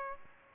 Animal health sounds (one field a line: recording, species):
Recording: mosquito wingbeat signal from an infrared sensor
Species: Aedes aegypti